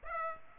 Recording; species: mosquito wingbeat signal from an infrared sensor; Aedes aegypti